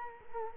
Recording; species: mosquito wingbeat signal from an infrared sensor; Culex quinquefasciatus